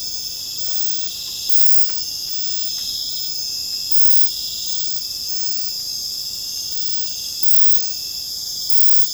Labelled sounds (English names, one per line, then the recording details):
none
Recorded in secondary vegetation near Puerto Asís, Putumayo, Colombia, on 21 December 2024 at 19:30
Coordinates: 0.499, -76.323
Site G010